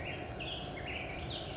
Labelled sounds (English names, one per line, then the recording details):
Black-headed Grosbeak
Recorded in Sonoma County, California